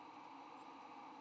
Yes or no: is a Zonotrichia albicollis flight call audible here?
no